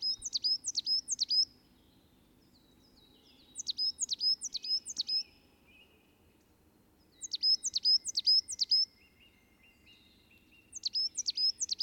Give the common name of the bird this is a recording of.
Coal Tit